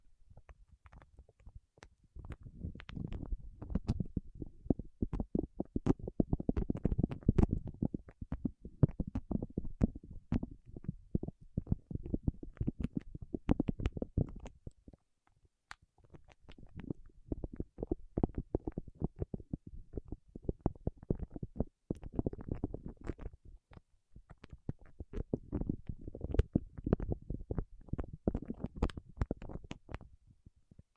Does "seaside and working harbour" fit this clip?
no